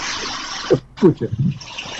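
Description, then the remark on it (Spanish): A steady, loud hiss of rain and wind from a live storm outside fills the whole stretch, with a person's voice briefly speaking over it in the middle. “¿Quieres escuchar la tormenta en vivo?”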